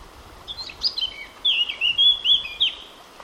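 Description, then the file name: Eurasian blackcap song: a soft scratchy warble that breaks into a loud, clear fluted phrase of whistled notes, ending abruptly, over a faint steady background hiss. "Sylvia atricapilla"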